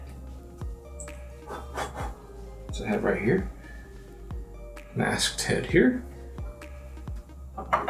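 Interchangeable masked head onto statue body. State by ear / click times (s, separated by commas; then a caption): seated / 7.6 s. An interchangeable masked head is fitted onto the neck of a Black Panther statue body by XM Studios while someone talks over a steady low hum and faint taps. The head snaps into place with a sharp click at 7.6 seconds, seating it on the body.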